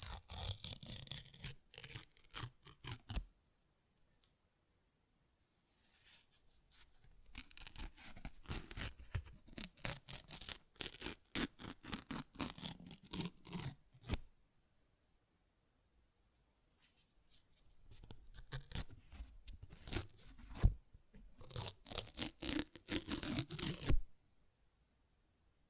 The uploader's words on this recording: ASMR Paper Ripping Tearing Sounds (No Talking).